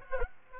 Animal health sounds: mosquito wingbeat signal from an infrared sensor; Aedes aegypti

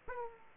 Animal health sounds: mosquito wingbeat signal from an infrared sensor; Aedes aegypti

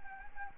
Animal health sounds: mosquito wingbeat signal from an infrared sensor; Anopheles arabiensis

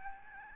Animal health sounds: mosquito wingbeat signal from an infrared sensor; Aedes albopictus

